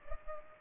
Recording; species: mosquito wingbeat signal from an infrared sensor; Culex pipiens